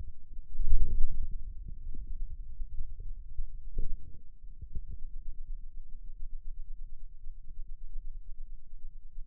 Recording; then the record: forearm muscle sounds (acoustic myography)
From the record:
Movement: radial deviation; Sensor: system 2, bracelet of six BSWA MPA416 microphones around the upper forearm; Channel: 2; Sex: male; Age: 22 years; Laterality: right